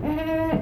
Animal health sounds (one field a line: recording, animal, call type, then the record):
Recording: contact call of a hoofed animal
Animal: goat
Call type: low-frequency (closed-mouth) or high-frequency (open-mouth) call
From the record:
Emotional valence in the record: negative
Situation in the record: food frustration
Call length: 0.62 s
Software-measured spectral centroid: 1450 Hz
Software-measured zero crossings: 1080 a second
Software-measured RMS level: -24 dBFS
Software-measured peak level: -10 dBFS